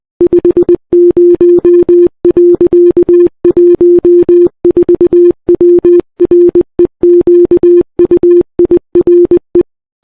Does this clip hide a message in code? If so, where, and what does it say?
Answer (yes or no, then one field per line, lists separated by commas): yes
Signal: Morse code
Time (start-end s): 0.2-9.6 s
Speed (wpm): 20 wpm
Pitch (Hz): 350 Hz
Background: none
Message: 50.14W REQUIRE